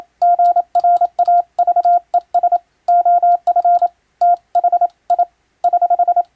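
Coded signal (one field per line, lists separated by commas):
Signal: Morse code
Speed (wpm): 27 wpm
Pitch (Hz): 700 Hz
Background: none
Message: GRAVES OF TH I <HH>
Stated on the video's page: Morse practice sending ship-to-shore style telegrams, using a Japanese radio foundation's international telegram sending practice book.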